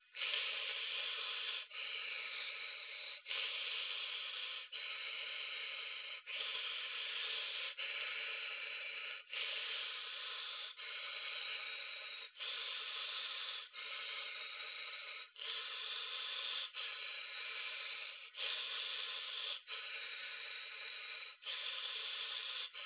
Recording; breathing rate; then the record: paced breathing near a phone; 20 breaths a minute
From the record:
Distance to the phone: 20 cm